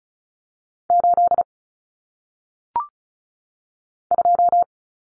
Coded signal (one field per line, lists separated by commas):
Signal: Morse code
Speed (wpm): 36 wpm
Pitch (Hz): 700 Hz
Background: none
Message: 8 2